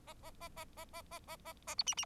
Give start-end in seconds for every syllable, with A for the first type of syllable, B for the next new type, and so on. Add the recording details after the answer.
0.07-0.13 A, 0.23-0.30 A, 0.40-0.48 A, 0.56-0.65 A, 0.77-0.84 A, 0.93-1.01 A, 1.11-1.19 A, 1.27-1.36 A, 1.45-1.53 A, 1.67-1.75 A, 1.78-1.83 B, 1.86-1.94 C, 1.97-2.05 C. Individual Bird4